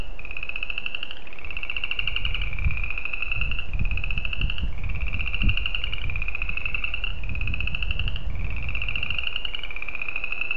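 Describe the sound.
Spring peeper calls give a steady string of high pulsed trills, about one every second or so, over a low rumbling background.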